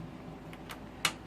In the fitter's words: And then you'll want to use a decent amount of strength to hold them down. You can hear that clicking.